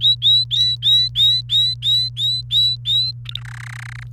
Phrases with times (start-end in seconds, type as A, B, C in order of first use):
0.01-3.11 A, 3.25-3.40 B, 3.41-4.03 C